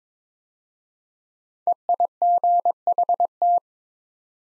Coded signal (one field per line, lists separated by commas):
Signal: Morse code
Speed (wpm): 22 wpm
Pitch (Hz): 700 Hz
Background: none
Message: EIGHT